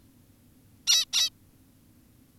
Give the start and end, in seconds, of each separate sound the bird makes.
0.87-1.05, 1.13-1.30